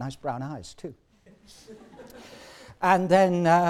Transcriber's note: laughter